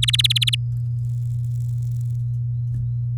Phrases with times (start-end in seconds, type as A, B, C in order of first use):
0.02-0.55 A